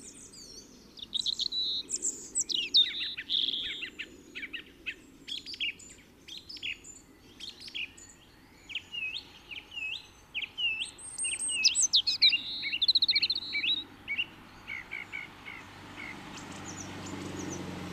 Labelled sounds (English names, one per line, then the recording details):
Song Thrush song
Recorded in the wild
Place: Kaiserslautern, Rheinland-Pfalz, DE
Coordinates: 49.3939, 7.73056
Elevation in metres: 313
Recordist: Tretzel, Erwin